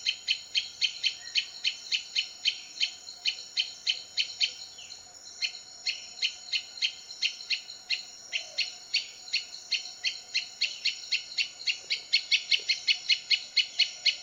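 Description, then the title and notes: Prinia song: a fast, steady series of sharp, chipping high notes, running almost throughout over a faint constant hum. Complete song, including the continuous rolling style called ngerol. "Suara Kicau Burung Prenjak Lengkap dan Ngerol"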